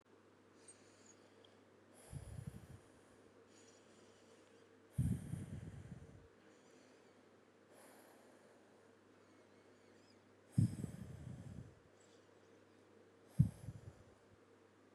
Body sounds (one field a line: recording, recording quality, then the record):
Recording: deep breathing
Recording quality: excellent, no background noise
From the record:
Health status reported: recovered from COVID-19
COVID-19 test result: positive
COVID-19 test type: RT-PCR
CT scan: not taken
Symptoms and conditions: cough, fatigue, muscle pain, loss of smell and taste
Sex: male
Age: 21 years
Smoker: no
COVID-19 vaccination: both doses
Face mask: not worn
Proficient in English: yes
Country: India